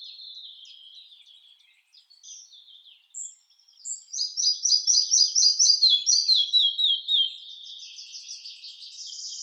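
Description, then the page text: Red-breasted flycatcher song: soft high twittering, then a loud series of clear repeated notes descending slightly in pitch, followed by a buzzy trill. "Ficedula parva - Мухоловка малая"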